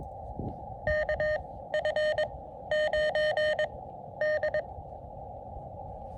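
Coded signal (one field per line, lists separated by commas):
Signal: Morse code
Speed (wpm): 20 wpm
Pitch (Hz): 610 Hz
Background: none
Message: KF9D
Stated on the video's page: Combined SOTA and POTA QRP activation from a small winter hill summit, with a lot of DX worked.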